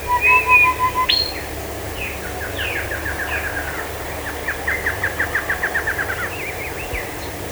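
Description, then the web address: Bird calls: a few whistles and a sharp upward note, followed by a long, fast series of short chirps. "BIRD 2015 SABIOD 50 bird 2015"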